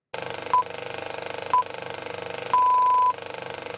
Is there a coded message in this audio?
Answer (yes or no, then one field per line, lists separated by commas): no